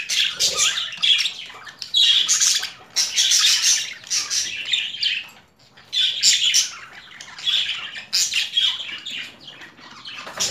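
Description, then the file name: Budgerigar calls: harsh squawks and chattering chirps in dense high bursts with brief pauses. Female budgerigar; mixed sounds. "Karisik Sesler Disi Muhabbet Kusu Sesi"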